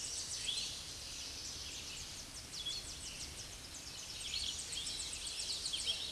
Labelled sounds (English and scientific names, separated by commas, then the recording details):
Tennessee Warbler (Leiothlypis peregrina) song
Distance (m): 50 m
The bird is about 30 m above the microphone
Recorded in a Pennsylvania forest on 16 May 2024 at 06:44
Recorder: AudioMoth, point MSD-2040
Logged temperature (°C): 15.3 °C
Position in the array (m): 60 m, 177 m